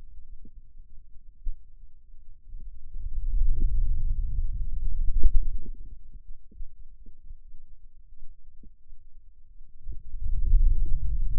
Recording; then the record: forearm muscle sounds (acoustic myography)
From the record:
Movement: wrist extension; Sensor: system 2, bracelet of six BSWA MPA416 microphones around the upper forearm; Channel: 3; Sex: male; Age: 22 years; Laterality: right